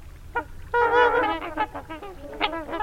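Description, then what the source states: Trumpeter Swans honking: several deep, nasal, horn-like honks overlap in an uneven, syncopated chorus, a loud burst near the start, then shorter honks. Flock of about a dozen swans with syncopated honks, flying in to land and forage in a plowed field on a sunny November morning; fall migrants from Canada and Alaska.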